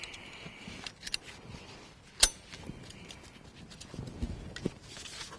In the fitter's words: qu'ils soient bien enfoncer est bien enclenchée en